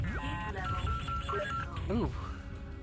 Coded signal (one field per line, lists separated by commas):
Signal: none